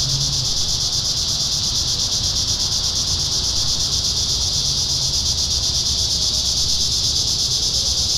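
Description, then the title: Cicadas give a constant piercing buzzing chorus with fine rapid pulsing, steady in loudness, and a soft low drone behind. Cicadas singing in town. "neoscenes: cicadas in town"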